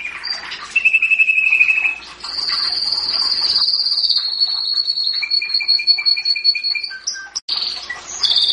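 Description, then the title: Atlantic canary song of sustained rapid trills at shifting pitches, one high rolling tour lasting several seconds, followed by lower pulsed runs and brief high notes. Described as a champion songbird. "Kicau Burung Kenari Juara"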